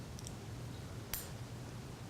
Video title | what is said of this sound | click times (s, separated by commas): June 9 Update | noted by the clique and by the fact that the cylinder will no longer rotate the | 1.1 s